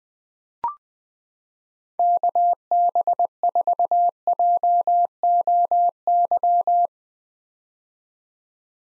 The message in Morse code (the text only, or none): KB4JOY